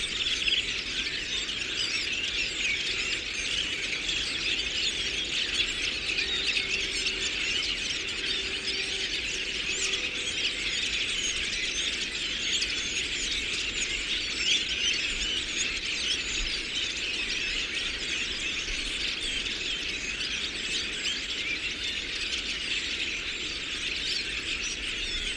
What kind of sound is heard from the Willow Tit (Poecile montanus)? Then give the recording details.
song. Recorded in the wild. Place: Groß Nemerow, Mecklenburg-Vorpommern, DE. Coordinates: 53.448, 13.219. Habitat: Forest. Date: 1982-03-23 11:37. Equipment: Nagra III BH, Sennheiser MD 21, parabola. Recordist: Schubert, Michael. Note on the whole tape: Gruppengesang von Rotdrosseln